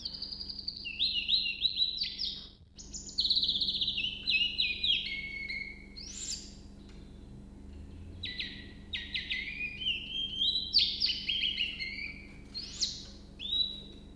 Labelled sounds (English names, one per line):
Willow Warbler